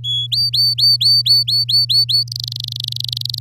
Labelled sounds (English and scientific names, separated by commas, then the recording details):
Domestic Canary (Serinus canaria) song
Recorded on 8 May 2018 at 09:18
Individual llb16